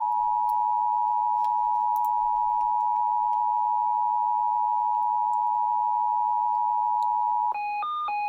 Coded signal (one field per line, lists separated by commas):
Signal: Emergency Alert System (SAME) tones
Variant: 853 and 960 Hz attention tone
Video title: EAS 1841 SVA #181